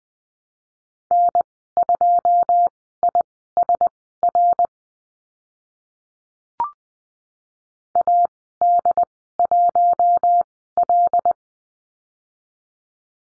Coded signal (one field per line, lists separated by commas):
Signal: Morse code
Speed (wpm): 20 wpm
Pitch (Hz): 700 Hz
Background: none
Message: N2ISR AD1L